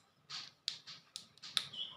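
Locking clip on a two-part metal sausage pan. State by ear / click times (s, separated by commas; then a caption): seated / 0.7 s, 1.6 s. The two halves of a metal egg-roll sausage pan are closed and the locking clip is engaged so the halves sit tight as one. Scraping, sliding metal sounds are broken by sharp metallic clicks at 0.7 s and 1.6 s. The halves lock together and are seated.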